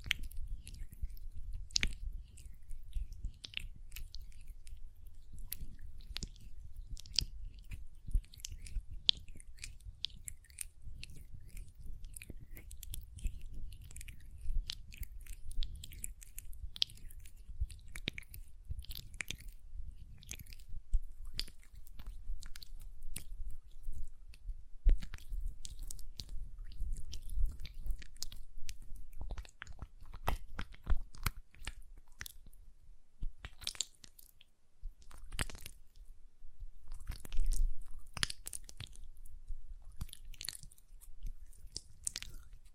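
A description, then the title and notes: Hand sounds with nail tapping: dense, rapid clicks and crackles run throughout, with a soft low rubbing beneath. Sharper taps cluster more sparsely after about 28 seconds, separated by brief quieter gaps, with a few louder clicks near 37 seconds. Hand Sounds, Nail Tapping and Lotion Sounds.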